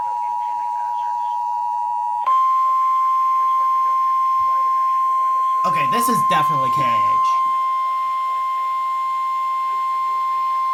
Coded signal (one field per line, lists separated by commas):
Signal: Emergency Alert System (SAME) tones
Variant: 853 and 960 Hz attention tone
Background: speech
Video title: EAS 108 KIH35 RWT [NO TONES]